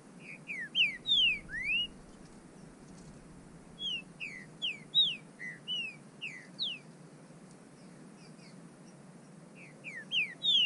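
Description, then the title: Bird song: groups of clear whistled slurs, falling and rising, given in short phrases with gaps between them. "burung"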